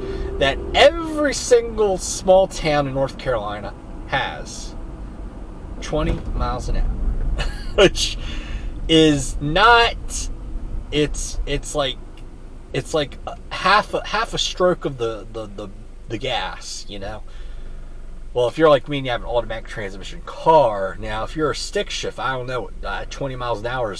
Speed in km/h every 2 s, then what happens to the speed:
39, 35, 32, 23, 15, 13, 6, 0, 0, 0, 0, 0.
0-13 slows to 0. 13-24 standing.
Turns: none.